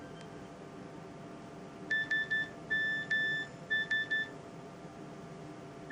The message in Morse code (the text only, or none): SMS